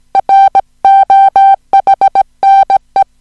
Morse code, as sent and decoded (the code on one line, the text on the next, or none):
.-. --- .... -. .
ROHNE